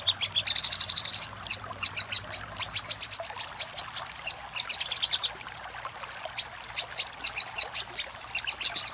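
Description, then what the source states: Little spiderhunter singing: rapid trilled bursts and strings of piercing high chips separated by brief silences. Master song used to train cage birds.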